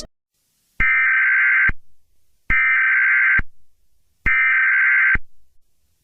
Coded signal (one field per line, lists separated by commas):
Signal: Emergency Alert System (SAME) tones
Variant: header bursts